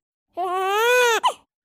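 One clear infant cry, about a second long, rising steadily in pitch before a brief fall: a normal rising cry melody.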